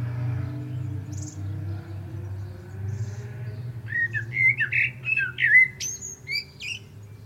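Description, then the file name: Common blackbird song: after a few seconds of low hum and faint sounds, a warbled fluty phrase with scratchy high twitters follows in the second half. "Turdus merula"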